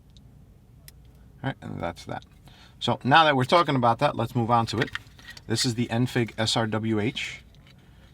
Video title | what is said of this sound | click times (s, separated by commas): Golf GTI 2010-2014 radio installation (In depth Version) | so that goes in there and you're gonna hear a click alright | 0.9 s